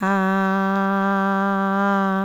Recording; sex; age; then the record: sustained vowel /a/; female; 50 to 59 years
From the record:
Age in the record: 56 years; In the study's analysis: included